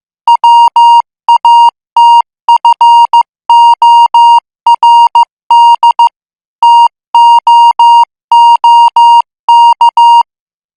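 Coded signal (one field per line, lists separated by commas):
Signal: Morse code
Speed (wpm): 15 wpm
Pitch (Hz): 940 Hz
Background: none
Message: WATFORD TOOK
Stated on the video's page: Morse code at 14 words per minute.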